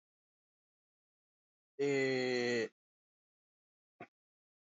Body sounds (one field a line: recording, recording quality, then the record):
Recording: sustained vowel as in made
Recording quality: moderate, slight background noise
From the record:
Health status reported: healthy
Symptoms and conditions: none ticked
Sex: male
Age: 32 years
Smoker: not ticked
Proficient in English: yes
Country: India